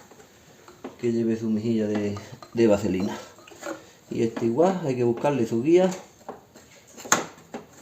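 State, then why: Seated. A coolant hose quick-connector on a BMW E60 with the M54 B22 engine is lined up on its internal guide and pushed onto the plastic thermostat housing while someone talks. It snaps home with a sharp click at 7.1 s, and the hose is seated and connected to the thermostat.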